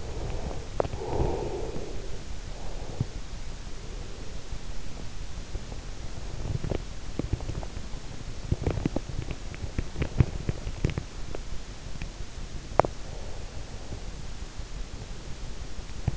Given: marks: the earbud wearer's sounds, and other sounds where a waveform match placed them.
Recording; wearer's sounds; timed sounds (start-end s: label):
sounds in sleep by an in-ear microphone; breath, teeth grinding
0.00-1.98 s: breath
2.39-4.70 s: breath
6.02-13.10 s: teeth grinding
13.10-15.77 s: breath